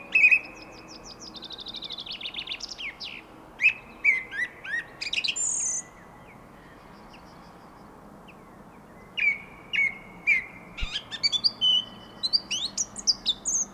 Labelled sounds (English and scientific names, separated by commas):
Song Thrush (Turdus philomelos) song